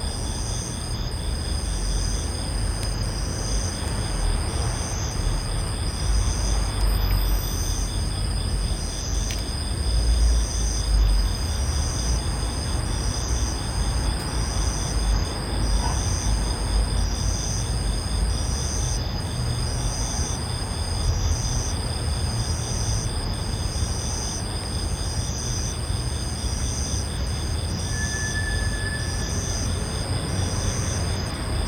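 Insects fill a Tokyo night with a steady, high, rhythmic trilling that pulses evenly from start to finish. Beneath it, a constant low rumble of city traffic holds level throughout, and a brief thin tone briefly rises near the end.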